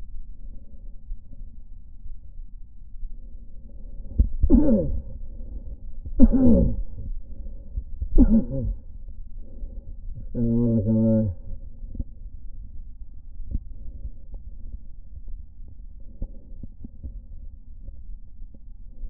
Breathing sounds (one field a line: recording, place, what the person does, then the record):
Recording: lung sounds by stethoscope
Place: right anterior apical chest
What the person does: quiet breathing, then cough and speech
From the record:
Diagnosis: COPD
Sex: male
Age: 69 years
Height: 162 cm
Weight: 124.8 kg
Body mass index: 47.6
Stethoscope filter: diaphragm mode